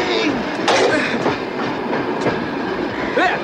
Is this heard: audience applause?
no